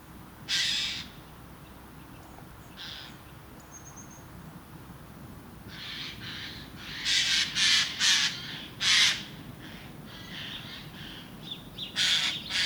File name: Garrulus glandarius